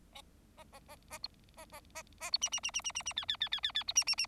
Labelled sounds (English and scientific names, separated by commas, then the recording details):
Bengalese Finch (Lonchura striata domestica) song
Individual Bird4